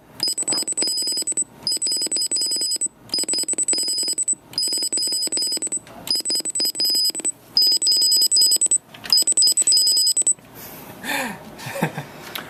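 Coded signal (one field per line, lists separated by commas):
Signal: data over sound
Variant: dual-tone FSK, 5/8 kHz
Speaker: yes, we are using 5 kilohertz and 8 kilohertz. Yeah. yes, It's so it's dual tone modem. yes. Yeah. All right. So send something.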